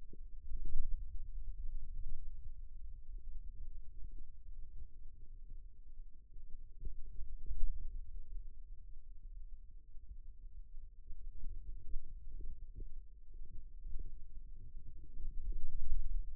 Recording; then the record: forearm muscle sounds (acoustic myography)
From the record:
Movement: ulnar deviation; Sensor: system 2, bracelet of six BSWA MPA416 microphones around the upper forearm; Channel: 2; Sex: male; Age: 22 years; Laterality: right